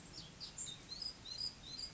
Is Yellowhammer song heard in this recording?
no